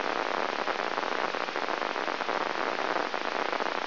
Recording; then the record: brain microelectrode recording played as sound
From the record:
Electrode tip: inside the subthalamic nucleus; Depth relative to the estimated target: -3.75 mm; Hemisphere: right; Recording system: AlphaMap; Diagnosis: Parkinson's disease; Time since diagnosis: 26 years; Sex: female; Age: 68 years